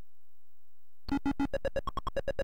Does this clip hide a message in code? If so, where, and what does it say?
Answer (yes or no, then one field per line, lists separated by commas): no